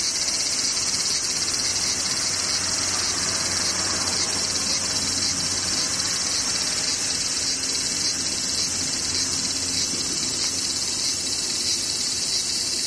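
Cicadas drone in a thick, unbroken chorus from start to finish, a bright, hissing buzz that stays level without pauses or swells. A faint low hum runs steadily underneath the whole time.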